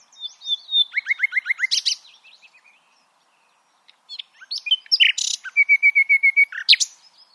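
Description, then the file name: Common nightingale song: rapid repeated notes, fast trills and loud buzzy bursts in two phrases, with a pause of about a second between them. "Luscinia megarhynchos"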